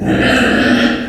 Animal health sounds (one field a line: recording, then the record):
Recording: squeal of a Yucatan mini pig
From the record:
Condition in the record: after surgery on the right vocal fold (resection and tissue-engineered implant)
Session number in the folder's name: 4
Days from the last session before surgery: 26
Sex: female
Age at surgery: 19 weeks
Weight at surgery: 25 kg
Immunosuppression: prednisolone